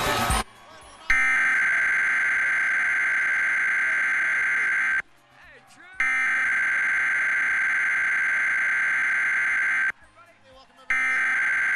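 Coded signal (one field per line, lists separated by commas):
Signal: Emergency Alert System (SAME) tones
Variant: header bursts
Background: speech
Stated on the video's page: Required monthly test for the Roanoke area recorded from three TV stations, plus a required weekly test on one of them.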